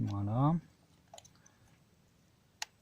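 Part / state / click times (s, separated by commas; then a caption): glow plug wire connector onto glow plug terminal / seated / 2.6 s. Someone talks briefly, then a glow plug wire connector is pressed onto its glow plug terminal on a Saab 9.3 TiD / Opel 2.2 DTI engine, with a few faint handling ticks around 1.1–1.5 s. A single sharp, loud click at 2.6 s marks the second connector clipping on and seating firmly.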